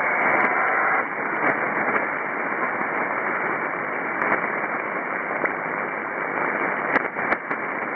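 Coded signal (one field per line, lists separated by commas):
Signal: ACARS aircraft data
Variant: HFDL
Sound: steady rushing hiss-like data signal with a sharp band edge, throughout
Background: radio static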